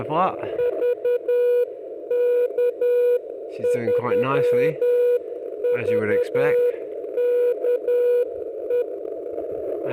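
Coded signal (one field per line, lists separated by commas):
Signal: Morse code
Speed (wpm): 11 wpm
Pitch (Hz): 500 Hz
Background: speech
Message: VK3VKE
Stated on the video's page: QRP signals into VK5 over 600 km comparing an E-field antenna with a 40 m ground plane.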